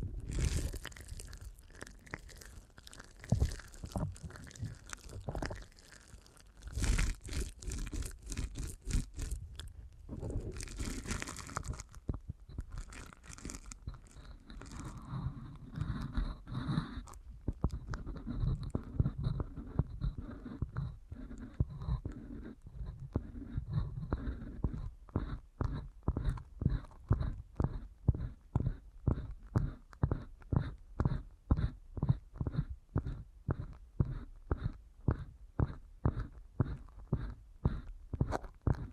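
Deep ear canal massage with dense, crunchy rubbing and scratching through the first half, with a brief smoother swish around ten seconds. After about seventeen seconds it settles into regular, rapid strokes, each a short crackling burst with a faint high ring.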